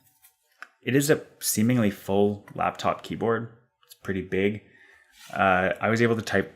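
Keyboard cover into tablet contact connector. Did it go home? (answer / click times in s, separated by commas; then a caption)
yes / 0.6 s. A detachable keyboard cover for a Samsung Galaxy TabPro S, attached by a row of contacts, is brought up to the tablet's connector edge and snaps into place. A single sharp click sounds at 0.6 s, and someone talks throughout. The keyboard cover is seated in the tablet's connector.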